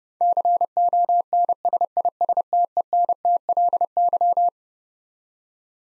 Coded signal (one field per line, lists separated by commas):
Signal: Morse code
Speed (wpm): 30 wpm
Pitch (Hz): 700 Hz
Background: none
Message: CONSISTENTLY